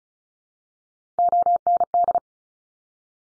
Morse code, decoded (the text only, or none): OND